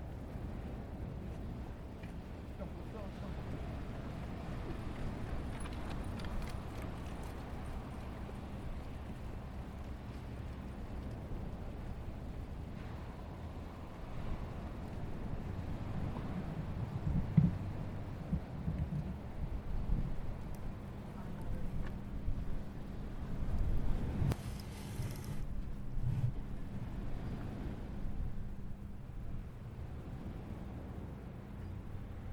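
A steady low rumble of surf at Asbury Park Beach fills the whole recording, dense and mostly even in level. Faint voices and passing traffic seem to mix in, and a brief sharp thump stands out near the twenty-four second mark.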